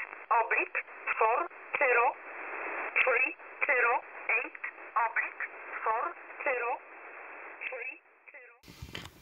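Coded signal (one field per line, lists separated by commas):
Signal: numbers station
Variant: E11 Oblique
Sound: short, fairly evenly spaced spoken words through a narrow radio channel with hiss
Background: radio static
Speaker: this over here is is everyone's favorite number station E11 oblique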